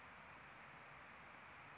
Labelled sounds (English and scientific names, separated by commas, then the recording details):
California Towhee (Melozone crissalis)
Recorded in Sonoma County, California